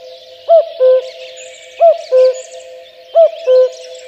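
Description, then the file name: Common cuckoo calling cu-coo three times, evenly spaced about every 1.3 seconds, with twittering songbirds behind. "kakukk hangja"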